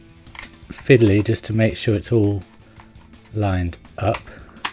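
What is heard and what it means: A plastic part of a partwork robot model's head is being lined up against its mating part by hand while someone talks, with a few small plastic taps and handling clicks, including a sharp tick near the end. Nothing has seated or clicked into place yet.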